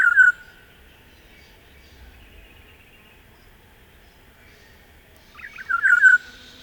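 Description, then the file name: Olive-backed oriole giving a brief warbled note at the start, then after a long quiet gap a rolling, gurgling phrase falling to a clear fluty finish. "Oriolus Sagittatus"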